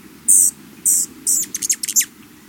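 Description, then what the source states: Hummingbird calls: three high, drawn-out notes followed by a quick burst of short, sharp chips, all very high-pitched. Hummingbirds in southward migration in fall, gathering at the many feeders in the mountains of southern Arizona, competing and fighting at feeders.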